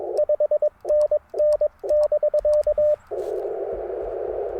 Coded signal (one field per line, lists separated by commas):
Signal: Morse code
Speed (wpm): 22 wpm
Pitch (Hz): 600 Hz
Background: radio noise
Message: 5NN<BK>